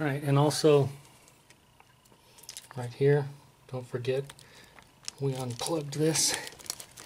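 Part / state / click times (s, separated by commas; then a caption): engine wiring harness connector into its sensor or socket / not seated / none. While reinstalling the intake during a starter replacement on a 2004 Honda Accord 2.4L I4 engine, a previously unplugged plastic engine wiring harness electrical connector is handled near its sensor or socket. Someone talks while soft crinkling handling noises and a few sharp little taps are heard, with the brightest ones near the end. The connector has not seated or clicked into place yet.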